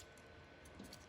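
A plastic yaw arm cover is wedged onto the yaw arm of a Mavic 2 Pro drone gimbal during a rebuild, then pressed down against a quiet, steady background hum. At 0.9 s a short, faint snap is heard as the cover snaps into place and is confirmed seated.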